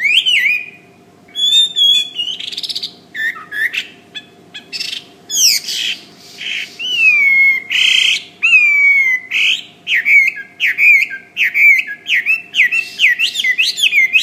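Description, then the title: Bird song: a string of high whistled notes, some slurred downward, others sharp and clipped, with short pauses between phrases and a faint steady hum beneath. "SuaraBurung Kicau"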